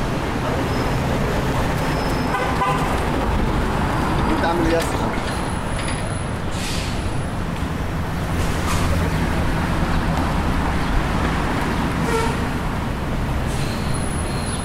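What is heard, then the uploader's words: A walk through McGill University's downtown campus, filled with a steady, dense wash of traffic rumble that barely changes in level. Faint voices surface now and then, a brief toot sounds around the two-second mark, and short bright tones flicker overhead. A walk through the familiar downtown campus of McGill University. The quiet and relaxing atmosphere of a sunny summer afternoon.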